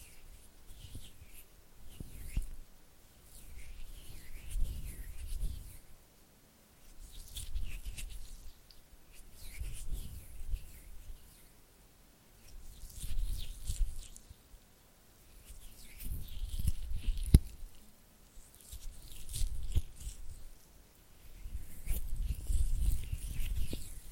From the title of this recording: Oily Hand and Flutter Finger Sounds